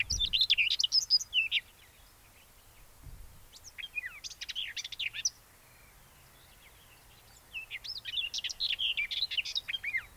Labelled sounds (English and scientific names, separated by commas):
Common Whitethroat (Sylvia communis) song